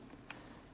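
A fuel tank lock is set into its seat on a newly painted Yamaha XJ6 600cc motorcycle fuel tank and closed so the key can be removed. A single sharp click is heard at 0.3 s over a quiet background. The lock is seated and closed.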